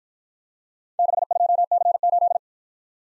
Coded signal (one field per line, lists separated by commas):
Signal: Morse code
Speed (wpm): 52 wpm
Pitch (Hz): 700 Hz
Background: none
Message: 62C8